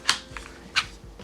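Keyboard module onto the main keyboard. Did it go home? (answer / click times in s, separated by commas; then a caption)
yes / 0.1 s. A magnetic keyboard module is snapped onto the side of a main mechanical keyboard, seating with a sharp, bright click at 0.1 s. Fainter ticks follow at about 0.4 and 0.5 s, and another strong click comes at about 0.8 s. The module is attached and firmly in place.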